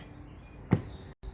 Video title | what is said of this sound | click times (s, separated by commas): GSK Senior Car Care Badge Video | it clicks and when it clicks you know that it's on there and | 0.7 s